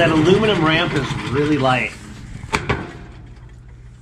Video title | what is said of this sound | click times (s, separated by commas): Work Truck Lift Gate | and once you push it up it locks in place | 2.6 s